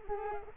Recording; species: mosquito wingbeat signal from an infrared sensor; Culex quinquefasciatus